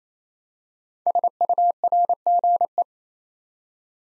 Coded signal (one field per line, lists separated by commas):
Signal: Morse code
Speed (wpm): 27 wpm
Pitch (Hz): 700 Hz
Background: none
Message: SURGE